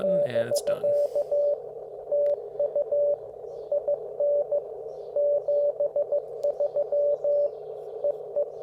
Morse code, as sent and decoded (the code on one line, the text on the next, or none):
-...-.- / - ..- / .. -. / --... ...-- / . .
<BK> TU IN 73 EE